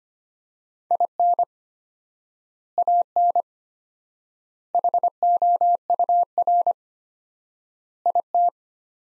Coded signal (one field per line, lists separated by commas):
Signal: Morse code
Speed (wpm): 25 wpm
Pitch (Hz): 700 Hz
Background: none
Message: IN AN HOUR IT